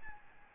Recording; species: mosquito wingbeat signal from an infrared sensor; Aedes albopictus